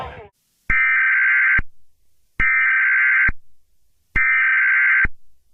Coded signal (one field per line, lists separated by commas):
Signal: Emergency Alert System (SAME) tones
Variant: header bursts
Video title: Real Life EAS Scenario: The Coronavirus pt. 3, Nationwide Emergency #coronavirus